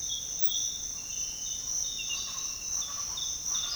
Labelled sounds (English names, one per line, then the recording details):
Speckled Chachalaca
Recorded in dense forest near Puerto Asís, Putumayo, Colombia, on 19 February 2024 at 06:30
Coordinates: 0.502, -76.324
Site G6370